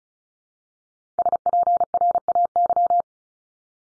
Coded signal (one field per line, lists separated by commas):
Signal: Morse code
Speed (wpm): 36 wpm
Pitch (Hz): 700 Hz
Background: none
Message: SPRAY